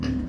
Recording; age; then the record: pig call; growing-finishing pig (85 days or more)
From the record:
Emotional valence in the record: negative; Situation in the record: barren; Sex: female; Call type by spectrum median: low-frequency call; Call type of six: low-frequency stable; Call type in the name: low-frequency stable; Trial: 3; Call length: 0.29 s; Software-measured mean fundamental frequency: 63 Hz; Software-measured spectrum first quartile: 149 Hz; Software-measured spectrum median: 253 Hz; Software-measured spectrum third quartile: 482 Hz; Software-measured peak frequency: 258 Hz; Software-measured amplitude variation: 149 dB a second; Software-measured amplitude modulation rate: 22.4 a second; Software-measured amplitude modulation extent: 6.6 dB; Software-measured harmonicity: 0.8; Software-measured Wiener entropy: -0.74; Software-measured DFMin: 876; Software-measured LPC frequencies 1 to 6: 267, 1241, 1781, 2838, 4222, 4906 Hz